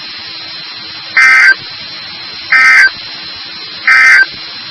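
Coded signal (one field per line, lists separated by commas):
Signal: Emergency Alert System (SAME) tones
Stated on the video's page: Severe thunderstorm and flash flood alerts received on weather radio stations WXK35, WXK36 and KWN34.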